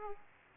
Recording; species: mosquito wingbeat signal from an infrared sensor; Aedes aegypti